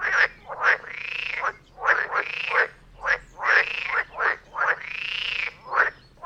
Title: Frog concert near Vellerner Brook in Neubeckum - 2pm